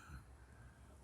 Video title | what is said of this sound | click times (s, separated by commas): GI JOE CLASSIFIED DR MINDBENDER REVIEW AND HOW TO GET | it doesn't snap it just kind of sits there | none